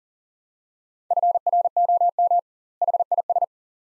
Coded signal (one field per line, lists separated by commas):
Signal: Morse code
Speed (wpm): 40 wpm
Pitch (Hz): 700 Hz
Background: none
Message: FROM HIS